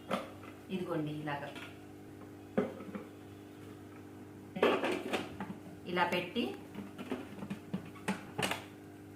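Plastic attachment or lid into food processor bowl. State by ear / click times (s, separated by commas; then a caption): seated / 8.1 s. A plastic attachment or lid is fitted onto a food processor bowl and turned until it locks, with a sharp plastic click at 8.1 s. Someone talks throughout, with other plastic knocks and handling sounds, and the attachment ends up locked in place.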